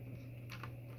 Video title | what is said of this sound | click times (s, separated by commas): Softenergeeks Fixing the Water Softener Flow Meter Ceramo Model | push it in you'll feel a little click there you go that's in properly so that should work | 0.5 s, 0.6 s